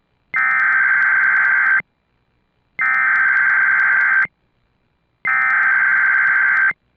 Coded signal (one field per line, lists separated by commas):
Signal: Emergency Alert System (SAME) tones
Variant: header bursts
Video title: Child Abduction Emergency - EAS#3-4